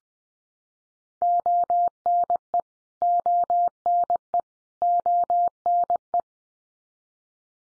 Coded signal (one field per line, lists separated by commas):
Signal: Morse code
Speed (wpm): 20 wpm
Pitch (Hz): 700 Hz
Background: none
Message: ONE ONE ONE